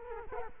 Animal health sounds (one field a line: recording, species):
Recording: mosquito wingbeat signal from an infrared sensor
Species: Culex quinquefasciatus